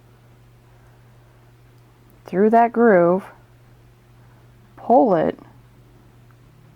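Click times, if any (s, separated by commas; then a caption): none. A bobbin of thread sits in the metal bobbin case of a Juki sewing machine while its thread is guided through the groove and pulled toward the tension spring, as someone talks over a steady low hum. Nothing has seated or clicked yet.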